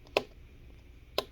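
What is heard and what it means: The number three fan mounting screw on a Lenovo ThinkPad T470 laptop is twisted backwards against its chassis standoff, giving two sharp clicks at 0.2 s and 1.2 s over a quiet background. The screw drops into the start of the thread and is seated.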